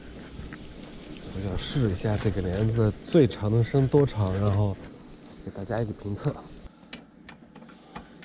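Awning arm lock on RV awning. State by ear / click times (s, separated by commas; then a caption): seated / 6.9 s. Someone talks while extending an RV awning and working the awning arm's locking mechanism. A sharp latch click at 6.9 s shows the arm lock has seated, followed by a few fainter knocks as it is set at the chosen position.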